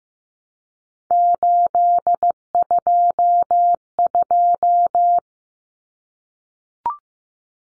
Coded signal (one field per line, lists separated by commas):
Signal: Morse code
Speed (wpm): 15 wpm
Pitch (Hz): 700 Hz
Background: none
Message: 822